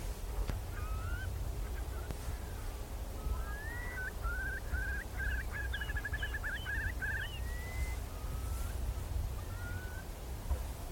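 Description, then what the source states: Eurasian curlew calling: rising whistled notes that build into a rapid bubbling trill midway, over a steady low wind rumble. Many curlews recorded at dusk over winter salt marshes on the Somerset coast, England.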